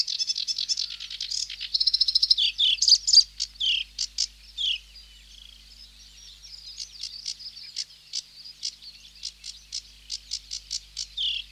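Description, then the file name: Sedge warbler song, with loud grating trills and scratchy chatter at first, then spaced clicks and slurred whistles, varied and restless. "Sedge Warbler (Acrocephalus schoenobaenus)"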